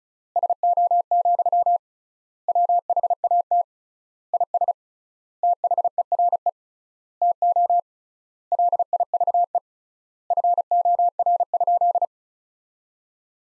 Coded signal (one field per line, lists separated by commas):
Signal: Morse code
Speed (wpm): 36 wpm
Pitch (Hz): 700 Hz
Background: none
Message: SO, WHAT IS THERE TO LIVE FOR?